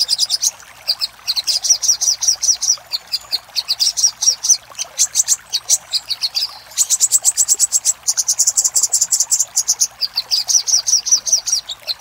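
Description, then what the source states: Little spiderhunter song, continuous fast series of high, piercing chips and dense trills with barely any pauses. Master recording used for training cage birds.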